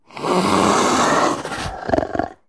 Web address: leopards